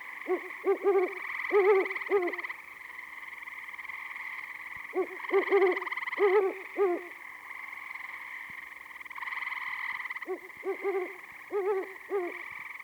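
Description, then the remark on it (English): Three bouts of low, mellow hoots from a great horned owl in the distance, each a quick rhythmic run of several notes, set against a steady, shrill background chorus. “In the distance, a horned owl gives his less varied hoots.”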